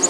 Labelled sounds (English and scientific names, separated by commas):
Black-throated Green Warbler (Setophaga virens) flight call